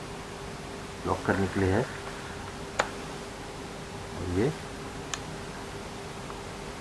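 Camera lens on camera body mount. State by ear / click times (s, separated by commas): seated / 5.1 s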